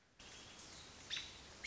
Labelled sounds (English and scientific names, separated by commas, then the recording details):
American Robin (Turdus migratorius)
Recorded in Sonoma County, California